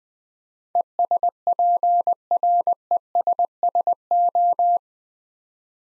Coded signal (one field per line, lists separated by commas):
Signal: Morse code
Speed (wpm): 21 wpm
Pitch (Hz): 700 Hz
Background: none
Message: ESPRESSO